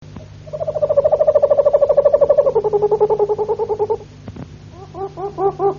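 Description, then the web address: Harz roller canary song: a long, fast, low rolling trill that drops to a slightly lower roll, then, after a short pause, soft arched notes repeated over a steady hum. "canarios cantoharz"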